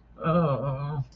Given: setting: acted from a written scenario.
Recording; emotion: vocal sound without words; embarrassment